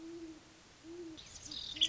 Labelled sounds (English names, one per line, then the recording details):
Great Horned Owl
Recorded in Sonoma County, California